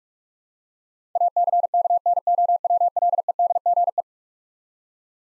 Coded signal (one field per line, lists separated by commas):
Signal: Morse code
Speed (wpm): 46 wpm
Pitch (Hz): 700 Hz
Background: none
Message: ACKNOWLEDGE